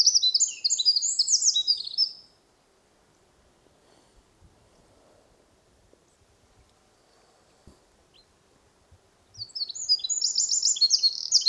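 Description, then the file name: Eurasian wren song: two loud bursts of rapid, high, tumbling trilled notes, separated by about seven seconds of near silence. "Troglodytes troglodytes"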